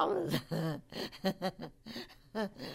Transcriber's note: she laughs